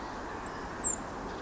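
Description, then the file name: European robin uttering a single high, thin, drawn-out whistle that rises slightly then falls, set against a constant low hum. "Erithacus rubecula"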